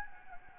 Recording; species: mosquito wingbeat signal from an infrared sensor; Anopheles gambiae